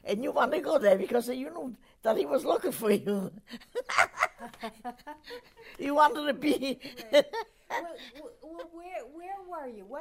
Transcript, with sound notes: And you want to go there, because you knew that he was looking for you. ( they laugh ) You wanted to be... ( she laughs )
Well, where were you?